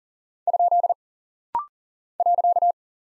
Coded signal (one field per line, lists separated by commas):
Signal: Morse code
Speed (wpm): 40 wpm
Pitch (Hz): 700 Hz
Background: none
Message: ? .